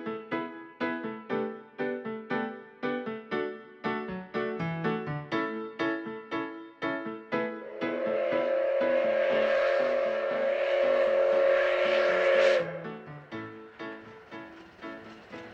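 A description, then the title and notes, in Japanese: A steam locomotive hauls its train, its exhaust beating out steady, rhythmic chuffs at a brisk, even pace. From about eight seconds a loud, sustained whistle blast with a hissing rush of steam holds for roughly five seconds, then the chuffing carries on. 真岡鐵道を走るC12 66牽引の「SLもおか」です。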